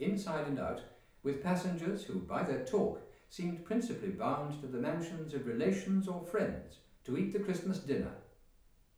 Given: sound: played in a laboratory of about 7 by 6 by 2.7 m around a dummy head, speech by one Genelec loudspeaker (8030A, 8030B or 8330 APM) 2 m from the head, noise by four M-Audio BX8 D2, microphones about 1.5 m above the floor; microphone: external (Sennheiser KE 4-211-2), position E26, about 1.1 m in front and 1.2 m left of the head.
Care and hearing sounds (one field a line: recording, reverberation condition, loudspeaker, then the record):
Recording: male speech in English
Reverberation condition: medium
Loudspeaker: 120 degrees to the left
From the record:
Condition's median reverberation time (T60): about 510 ms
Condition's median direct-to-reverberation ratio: about -0.5 dB